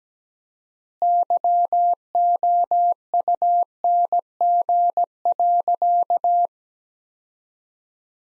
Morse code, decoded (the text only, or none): YOUNG.